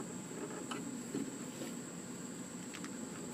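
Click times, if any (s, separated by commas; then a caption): none. A window regulator part is handled and pushed against a BMW E36 car door during a window regulator replacement, producing faint scraping and a few brief handling taps over a steady high-pitched hum. Nothing has seated or clicked yet.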